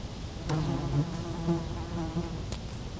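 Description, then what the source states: Fly buzzing, a steady low hum with faint harmonics and two sharp clicks, over a rumbling wind background. Flies feeding on dung, close-up; Chemin de Lombardil, Fenouillet, France, near Blagnac airport; windy day; recorded with Sennheiser MKH8040 ORTF pair and SD MixPre6.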